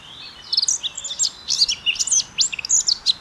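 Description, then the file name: Eurasian blackcap song: a hurried jumble of high, varied twittering notes, continuing almost without a break. "Sylvia atricapilla"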